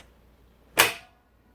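On a Babylock Imagine overlocker, with the lock button pushed in, the hand wheel is turned towards the operator until the looper threading mechanism clicks into its locked position. A single sharp click at 0.8 s fades over about a quarter second against a quiet background. The looper threading lock is seated.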